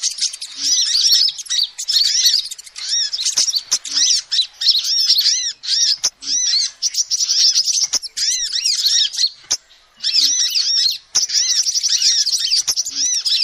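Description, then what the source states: Lovebirds in continuous shrill chatter, rapid arched squeaks in long runs with a few short silences and scattered clicks. Used as a lure call to trap lovebirds.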